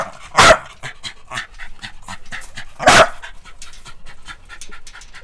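Dog barking, two loud sharp barks about two and a half seconds apart, with softer panting or snuffling sounds between them.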